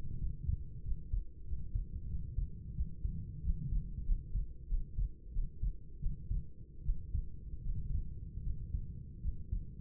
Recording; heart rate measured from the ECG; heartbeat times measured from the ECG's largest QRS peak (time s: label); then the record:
heart sounds by stethoscope; 86 bpm
0.17 s: heartbeat
0.82 s: heartbeat
1.44 s: heartbeat
2.07 s: heartbeat
2.73 s: heartbeat
3.41 s: heartbeat
4.04 s: heartbeat
4.66 s: heartbeat
5.30 s: heartbeat
5.98 s: heartbeat
6.82 s: heartbeat
7.61 s: heartbeat
8.41 s: heartbeat
9.20 s: heartbeat
From the record:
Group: healthy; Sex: female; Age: 26 years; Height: 165 cm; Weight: 55 kg